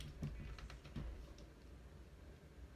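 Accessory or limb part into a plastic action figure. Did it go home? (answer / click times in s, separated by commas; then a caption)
no / none. A child tries to snap an accessory or limb part onto a plastic Spider-Man action figure, producing faint plastic clicks and handling noises around 0.6, 0.7 and 1.4 seconds, with a sharp knock at the very end. The part has not snapped or seated into the figure.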